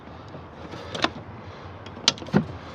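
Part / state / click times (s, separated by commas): fuel line quick-connector onto fuel filter / seated / 1.0 s, 2.1 s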